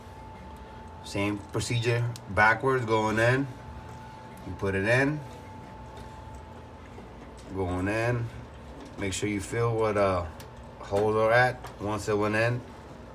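A tanning bed lamp is being put back into its socket, with its pin holes felt for and lined up before it is twisted in. Someone talks throughout, with short pauses between phrases. The lamp has not yet been twisted home, and nothing has seated or clicked yet.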